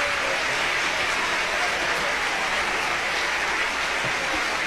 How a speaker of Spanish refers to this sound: Los maestros de la Sinfónica de Jalapa están de pie justamente también recibiendo la ovación.